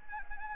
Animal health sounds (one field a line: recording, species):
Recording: mosquito wingbeat signal from an infrared sensor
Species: Anopheles gambiae